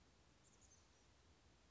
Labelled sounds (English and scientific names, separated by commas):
Chestnut-backed Chickadee (Poecile rufescens)